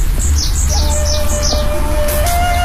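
bird, small birds chirping

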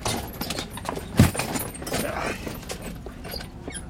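vehicle, horse-drawn carriage hooves clip-clopping

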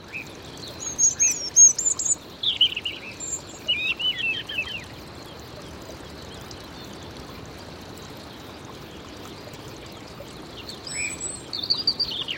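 bird, birds singing and chirping

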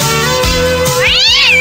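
animal, cat meowing

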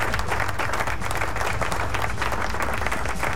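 sound effect, applause sound effect

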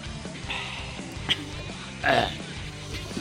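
human body sound, loud burp

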